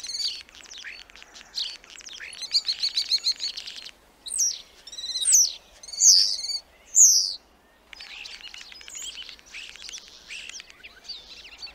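Black starling song: rattling chatter, then a series of loud sweeping whistles roughly a second apart, ending in softer rasping notes.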